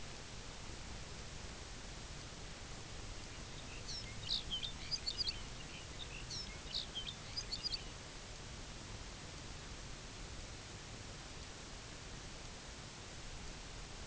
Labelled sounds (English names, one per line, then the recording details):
Lapland Longspur
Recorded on Arctic tundra, site UTQI-0, on 22 June 2018
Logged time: 12:00